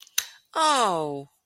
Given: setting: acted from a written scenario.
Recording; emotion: vocal sound without words; disappointment